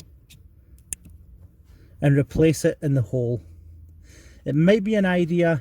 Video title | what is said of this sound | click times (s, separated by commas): How to replace a fan resistor. Vauxhall Corsa D | and i will just simply plug it until it clicks | 0.9 s